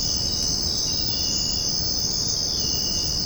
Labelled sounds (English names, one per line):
none